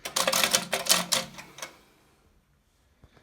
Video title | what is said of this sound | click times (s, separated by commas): The life of a jobbing plumber #16 | So we'll leave that about there and then just click it back, that locks into place. | 0.2 s